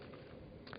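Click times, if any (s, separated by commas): 0.7 s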